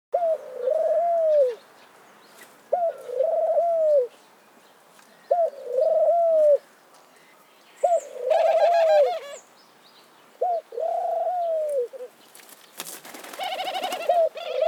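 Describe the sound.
Dove cooing in a steady rhythm, each low hooting coo lasting about a second, repeating every two to three seconds, with brief chirps from other birds midway and near the end.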